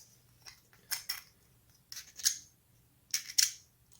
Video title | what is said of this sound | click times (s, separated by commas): How to use old smart phone as webcam for free, iPhone or Android | See, now it's locked into place, | 3.4 s